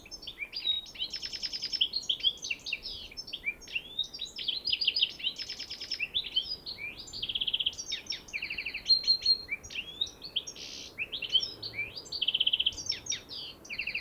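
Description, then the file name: European goldfinch in continuous, rapid twittering: tinkling high notes mixed with buzzy rattles and short clear whistles, running without a break throughout. "Carduelis carduelis"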